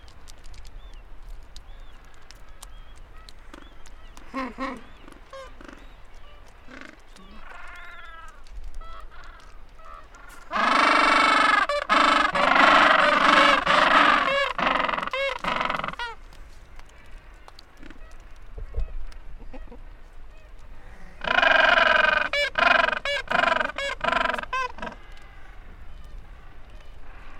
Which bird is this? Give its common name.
Gentoo Penguin